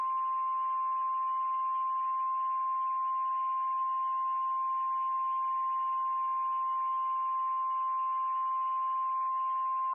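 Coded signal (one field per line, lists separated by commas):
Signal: Emergency Alert System (SAME) tones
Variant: 1050 Hz attention tone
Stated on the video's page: Severe thunderstorm warning from a NOAA Weather Radio station for Indianapolis.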